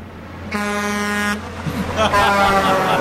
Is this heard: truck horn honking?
yes